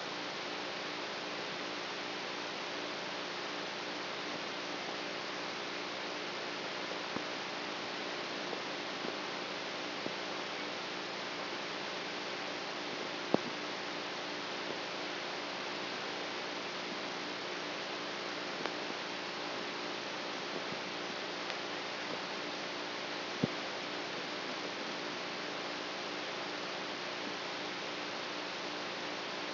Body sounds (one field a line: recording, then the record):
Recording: brain microelectrode recording played as sound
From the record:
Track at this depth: outside the subthalamic nucleus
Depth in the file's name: -0.31 mm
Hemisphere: right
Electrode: 3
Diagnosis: Parkinson's disease